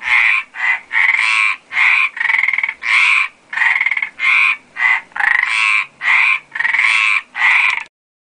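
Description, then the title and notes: Frogs give rapid rasping croaks in a continuous chorus that stops abruptly at the end. Frog chorus in a water ditch on La Gomera, in the field. "Frosch im Wassergraben - Gomera. Feld. Froschkonzert im Wassergraben"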